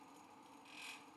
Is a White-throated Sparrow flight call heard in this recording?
no